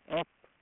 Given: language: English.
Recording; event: throat vibration sensor signal played as sound; speech